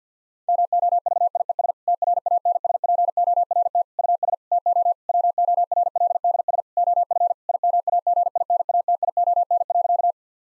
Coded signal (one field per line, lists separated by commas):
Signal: Morse code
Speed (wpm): 50 wpm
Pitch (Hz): 700 Hz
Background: none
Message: MOVIES TRANSPORT US TO WORLDS OF IMAGINATION.